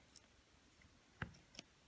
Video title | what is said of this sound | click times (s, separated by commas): Iphone 6/6s How-Too Screen Replacement | And you'll be able to hear the satisfying little click whenever you pop those in. | 1.2 s